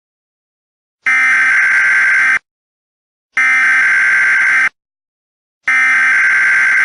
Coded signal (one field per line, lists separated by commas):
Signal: Emergency Alert System (SAME) tones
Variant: header bursts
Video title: EAS: Paranormal Emergency Follow Up